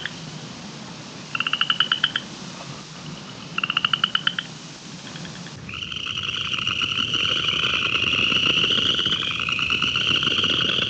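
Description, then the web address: Tree frog calls: two short rattling, pulsed bursts about two seconds apart, then a dense, continuous chorus sets in and holds. "frogs Family"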